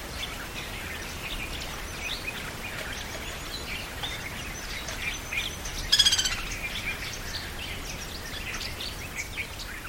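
White-headed jungle babbler chattering calls, a dense run of harsh squeaky notes with one loud rasping burst near the middle, over steady background hiss.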